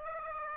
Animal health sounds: mosquito wingbeat signal from an infrared sensor; Aedes aegypti

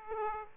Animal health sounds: mosquito wingbeat signal from an infrared sensor; Aedes aegypti

